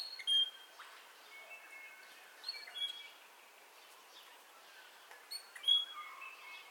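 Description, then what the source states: Birds at dawn give sharp high chirps in three bursts, with softer whistled notes and twitters between them. Dawn ambience of bird calls, recorded in stereo.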